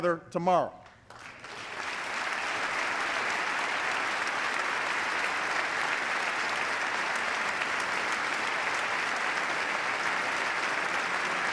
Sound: applause

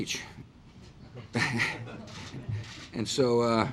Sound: laughter

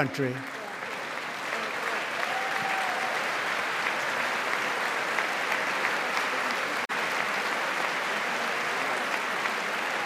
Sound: applause

